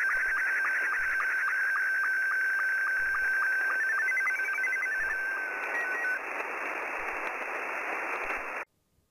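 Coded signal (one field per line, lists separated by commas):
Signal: SSTV (slow-scan television)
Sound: warbling tone around 1.5-2 kHz with rapid regular low chirps, hissy background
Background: radio static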